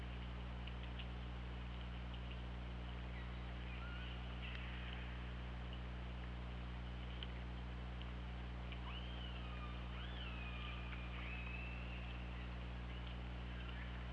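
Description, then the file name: Killer whale calls, mostly late, a cluster of rising and falling tonal sweeps, over a continuous low hum with occasional faint clicks. Underwater hydrophone at OrcaLab, 24 August 2017, about 21:10. "Orca Lab UTLN JASON 20170824 211020"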